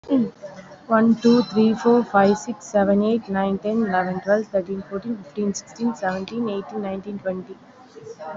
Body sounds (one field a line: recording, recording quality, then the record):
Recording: counting at a fast pace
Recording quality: excellent, no background noise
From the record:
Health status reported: COVID-19 positive, mild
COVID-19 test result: positive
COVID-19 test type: RT-PCR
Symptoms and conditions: cough, loss of smell and taste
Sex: female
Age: 32 years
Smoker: no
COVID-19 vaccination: one dose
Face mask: worn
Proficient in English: yes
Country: India